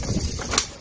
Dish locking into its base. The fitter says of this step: snap I heard it will snap